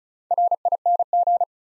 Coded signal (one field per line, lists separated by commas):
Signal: Morse code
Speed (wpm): 36 wpm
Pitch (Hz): 700 Hz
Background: none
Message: RING